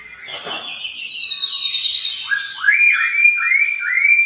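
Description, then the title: White-rumped shama: songbird giving warbled notes and then a series of clear upslurred whistles, with a brief noisy burst at the start. Lure recording used to make the bird sing in response. "PANCINGAN MURAI BATU GACOR"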